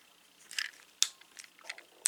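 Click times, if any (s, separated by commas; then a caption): 1.0 s, 2.1 s. A plastic rear panel tab of a Transformers Legacy Deluxe Class Dead End toy robot is pushed into the car-mode body, making brief crunchy plastic rubbing. Sharp small pops land at 1.0 s and 2.1 s. The panel only partly seats, leaving a separation and a small gap, so it is not fully home.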